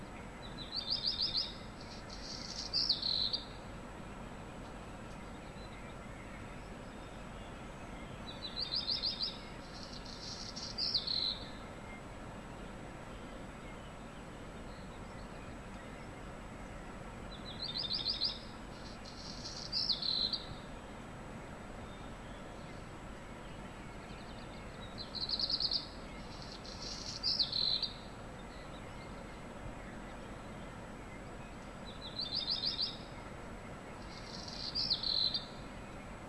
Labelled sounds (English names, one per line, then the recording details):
Black Redstart
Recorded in the wild
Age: adult
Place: Untertweng, AT
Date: 1972-05-14
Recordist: Brunner, Thomas